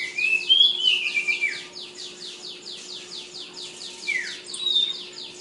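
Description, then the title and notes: Flowerpecker song: a fast, even series of dry high ticking notes about four per second, mixed with slurred downward whistles, over a low hum. Tledekan, also called sulingan, named Ababil, from Kudus. "Tledekan/Sulingan ABABIL. Suara Burung Tledekan Ababil dari Kudus"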